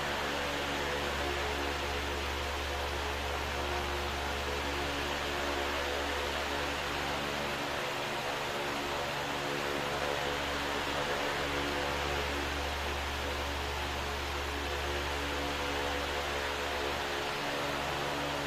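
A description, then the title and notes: An oscillating fan whirs steadily, a dense, even hiss spread from low to bright tones. A low motor hum runs underneath with a set of faint whining tones above it, dipping briefly around eight and seventeen seconds as the fan swings. 2 hours of oscillating fan white noise.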